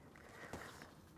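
A coolant hose quick-connector is handled as it is pushed back toward its engine coolant pipe during a coolant change on a Renault Clio 1.2 16v. Brief scuffs and taps from the handling are heard over a low background. Nothing has seated or clicked yet.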